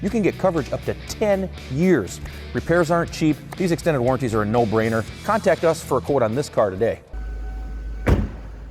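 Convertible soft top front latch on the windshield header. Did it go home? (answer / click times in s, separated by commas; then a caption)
partly / 8.1 s. Someone talks over music, then the soft top of a 2002 Ford Thunderbird convertible is closed one-handed and lands with a single thump at 8.1 s. The front latch on the windshield header is not fully latched because the top was closed with one hand.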